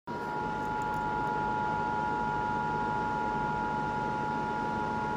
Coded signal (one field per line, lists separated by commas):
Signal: Emergency Alert System (SAME) tones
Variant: 853 and 960 Hz attention tone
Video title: EAS #20 - CHILD ABDUCTION EMERGENCY AT MIDNIGHT - SKI MASK????